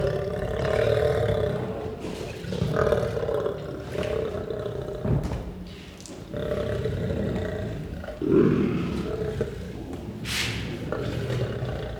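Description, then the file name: Lion growling in long, rasping rumbles, with a brief lull midway. Growling and roaring. "Het grommen en brullen van een leeuw - Beeld en Geluid"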